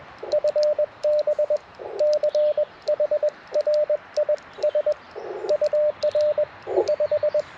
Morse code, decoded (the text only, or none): FB CHRIS UR 5